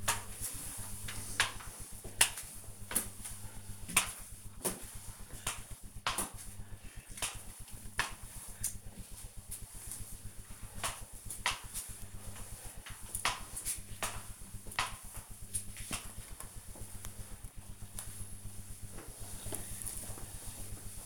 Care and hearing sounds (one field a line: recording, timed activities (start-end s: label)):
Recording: household activities, microphone on the right wrist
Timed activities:
0.00-16.19 s: floor cleaning